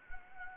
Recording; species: mosquito wingbeat signal from an infrared sensor; Anopheles gambiae